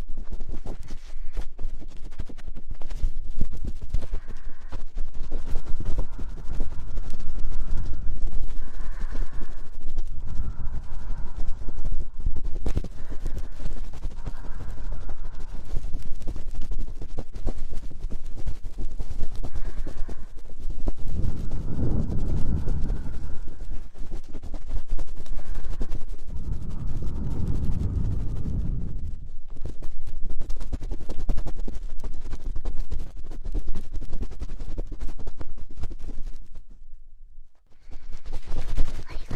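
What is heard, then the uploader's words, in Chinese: Very fast ear poking, a dense, continuous muffled rumble of rapid taps with little pause. The sound swells heavier and deeper around the 21- and 27-second marks, with faint thin tones flickering above, and briefly drops out near 36 seconds. 免疫福音 超快速戳耳朵。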